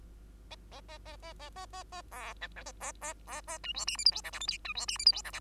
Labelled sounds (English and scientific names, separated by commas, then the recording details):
Bengalese Finch (Lonchura striata domestica) song
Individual Bird2